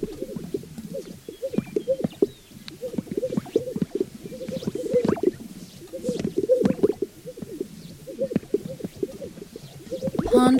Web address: sagegrousegroup